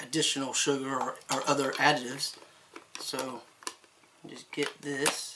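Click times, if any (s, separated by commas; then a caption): none. The motor lid of a TKTK mini electric rechargeable chopper food processor is handled above its plastic bowl full of apple chunks while someone talks, with faint plastic handling sounds between the words. Nothing has seated or clicked yet; the lid has not locked onto the bowl by the end of the clip.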